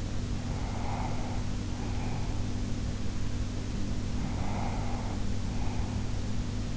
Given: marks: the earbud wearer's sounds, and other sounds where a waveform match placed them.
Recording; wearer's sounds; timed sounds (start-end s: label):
sounds in sleep by an in-ear microphone; breath
0.28-2.74 s: breath
3.74-6.27 s: breath